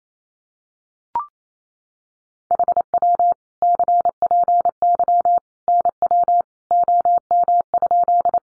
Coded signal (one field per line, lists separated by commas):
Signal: Morse code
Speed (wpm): 28 wpm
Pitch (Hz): 700 Hz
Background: none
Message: HW CPY NW OM?